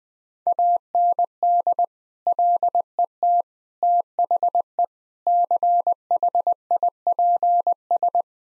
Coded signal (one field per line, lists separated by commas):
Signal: Morse code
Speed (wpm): 20 wpm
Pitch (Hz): 700 Hz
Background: none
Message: AND LET THE CHIPS